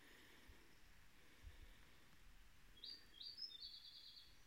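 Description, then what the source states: White-spectacled warbler song: one short, high, quick trilled phrase lasting just over a second, heard above faint low rumbling background noise. Recorded 3 April 2019.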